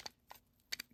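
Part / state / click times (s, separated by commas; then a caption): opening door on a die-cast toy van body / seated / 0.7 s. The opening door on a small die-cast metal Tomica Limited Vintage Neo Mazda Bongo Brawny toy van (new for 2024) is worked open, making several small, sharp clicks as it moves. The loudest click, at 0.7 s, is the door locking into its detent, so it clicks into position and holds rather than hanging loose.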